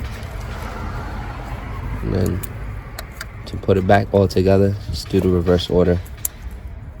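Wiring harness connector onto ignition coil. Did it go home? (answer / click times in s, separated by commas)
yes / 6.2 s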